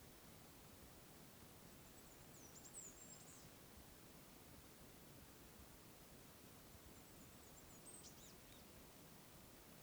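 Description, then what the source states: Bird calls, two high, twittering phrases ending in sharp falling notes, about five seconds apart, heard over steady rustling hiss. Wild birds calling in the wild bird forest at Oneyama.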